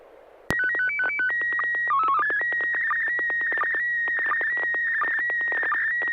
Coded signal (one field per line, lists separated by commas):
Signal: SSTV (slow-scan television)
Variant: PD 90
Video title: N6NA SSTV Net - 04/05/2023